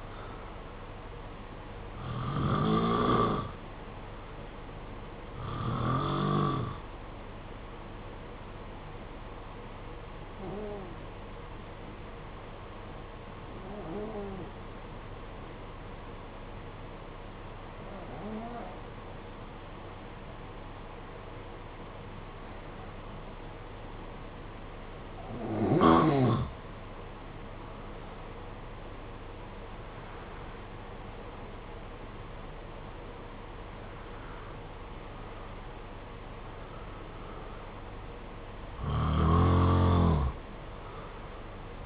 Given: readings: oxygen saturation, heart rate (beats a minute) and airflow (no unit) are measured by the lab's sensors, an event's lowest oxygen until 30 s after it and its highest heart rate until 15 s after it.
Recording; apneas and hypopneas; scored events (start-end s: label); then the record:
breathing in sleep by a voice recorder at the bedside; 1
9.00-27.30 s: hypopnea (N2, oxygen 94% highest, then 86% lowest, heart rate 53 at the start, 63 highest)
17.00-41.86 s: new sleep stage, N1 (lightest sleep)
From the record:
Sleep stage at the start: N2 (light sleep); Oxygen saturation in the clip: 88 to 94%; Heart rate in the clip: 53 to 63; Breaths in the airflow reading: 10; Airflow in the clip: -5.8 to 7.5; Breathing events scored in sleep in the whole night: 476 in 9.7 hours asleep